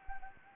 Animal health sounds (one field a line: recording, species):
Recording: mosquito wingbeat signal from an infrared sensor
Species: Anopheles gambiae